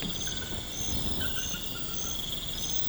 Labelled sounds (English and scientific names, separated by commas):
none